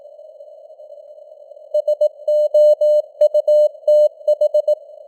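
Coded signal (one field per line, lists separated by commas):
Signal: Morse code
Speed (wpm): 18 wpm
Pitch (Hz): 600 Hz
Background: none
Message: SOUTH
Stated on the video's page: Morse code news headlines at 18 wpm with simulated radio noise and varying signal strength (QSB).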